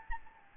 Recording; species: mosquito wingbeat signal from an infrared sensor; Anopheles gambiae